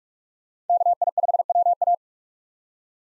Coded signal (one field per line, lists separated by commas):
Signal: Morse code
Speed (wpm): 46 wpm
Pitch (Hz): 700 Hz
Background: none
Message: KI5WA